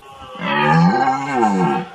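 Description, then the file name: Red deer giving a deep roar, a single rising then falling bellow with a rich, harmonic tone lasting over a second. Red deer roaring during the rut. "rykowisko marciniak"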